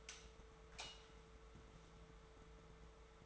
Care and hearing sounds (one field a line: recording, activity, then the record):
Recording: daily activity, microphone in the room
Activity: light off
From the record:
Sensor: 3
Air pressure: 1014.6 hPa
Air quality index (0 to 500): 182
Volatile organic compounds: 19 ppm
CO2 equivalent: 2659 ppm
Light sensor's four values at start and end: 46/116/50/53 and 43/109/47/50